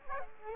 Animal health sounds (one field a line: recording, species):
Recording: mosquito wingbeat signal from an infrared sensor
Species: Culex quinquefasciatus